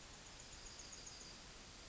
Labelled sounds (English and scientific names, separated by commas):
Yellowhammer (Emberiza citrinella) song